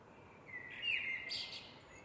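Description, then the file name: Eurasian blackbird song: a single mellow warbled phrase closed by a high squeaky flourish. "MERLES"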